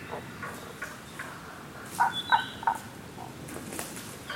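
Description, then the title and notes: Tago's brown frog: three quick, low knocking notes in close succession around the middle, with a brief high bird whistle and quiet background. Rana tagoi tagoi, recorded in Kasugayama primeval forest, Nara, Japan, on 21 May 2017. "170521Rana tagoi tagoi in Kasugayama primeval forest by ototamari"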